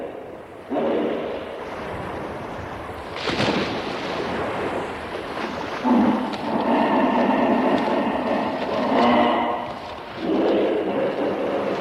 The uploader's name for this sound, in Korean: 하마 울음 소리